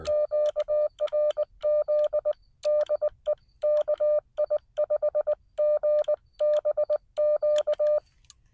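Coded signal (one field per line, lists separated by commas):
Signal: Morse code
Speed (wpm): 20 wpm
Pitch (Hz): 590 Hz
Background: none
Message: QRZ DE KI5GBQ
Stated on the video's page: CW park activation using a Xiegu X6100 on 20 metres with an end-fed half-wave antenna.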